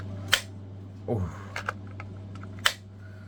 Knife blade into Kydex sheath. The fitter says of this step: And you guys know I say it all the time. I love that positive click.